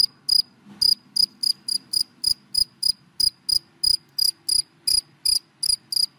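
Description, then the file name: Cricket chirping rapidly and somewhat unevenly, bright high pulses over a quiet low background rumble. Crickets calling, given by the Vietnamese names dế mèn, dế cơm and dế than. "Tieng de men de com de than keu"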